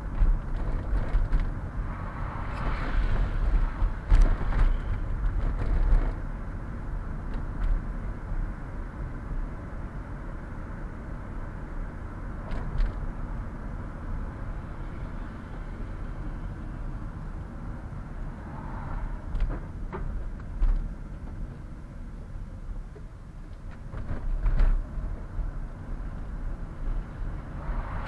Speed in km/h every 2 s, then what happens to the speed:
30, 31, 32, 32, 33, 34, 33, 32, 26, 24, 21, 16, 21, 26.
0-13 steady at about 32. 13-22 slows to 16. 22-28 speeds up to 26.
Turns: 16-22.